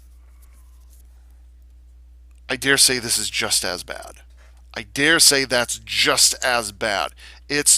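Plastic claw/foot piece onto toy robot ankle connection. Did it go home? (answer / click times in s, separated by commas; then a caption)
no / none. A plastic claw or foot piece is fitted onto the ankle connection points of a transforming robot toy, producing only a few faint handling taps around 1.3–2.4 s before someone talks in a quiet room. The piece does not snap in: nothing has seated or clicked yet, and it has only the lightest hold.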